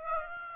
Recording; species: mosquito wingbeat signal from an infrared sensor; Aedes aegypti